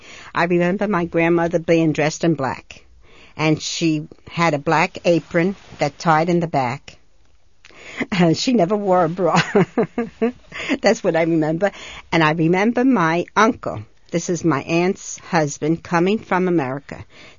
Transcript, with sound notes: I remember my grandmother being dressed in black, and she had a black apron that tied in the back, and she never wore a bra. ( she laughs ) That's what I remember. And I remember my uncle, this is my aunt's husband, coming from America.